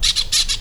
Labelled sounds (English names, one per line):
Brown-throated Parakeet contact call